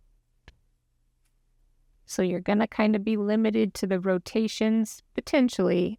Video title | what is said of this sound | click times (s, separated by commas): Sizzix Stamp & Stencil + Stamp & Spin Demonstration | and it does snap into place. | 0.5 s